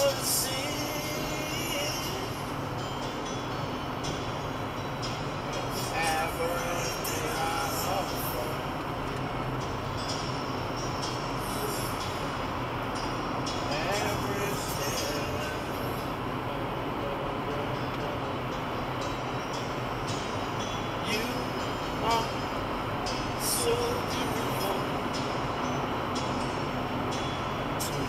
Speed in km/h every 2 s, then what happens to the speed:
133, 135, 138, 139, 140, 142, 143, 147, 151, 155, 160, 163, 166, 168.
0-28 speeds up to 168.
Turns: none.